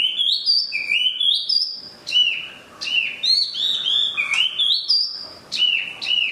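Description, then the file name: Chinese hwamei song: repeated rising whistled slurs climbing in steps, broken by brief pauses, with sharp high flourishes and slurred downward notes. Used for training cage birds (omkicau). "audio-hwamei-mini-2-omkicau"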